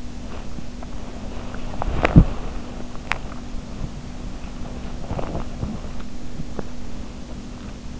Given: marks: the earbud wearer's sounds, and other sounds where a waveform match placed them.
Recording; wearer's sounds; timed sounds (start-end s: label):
sounds in sleep by an in-ear microphone; body movement, swallowing
0.00-7.94 s: body movement
1.51-3.63 s: swallowing
5.03-6.81 s: swallowing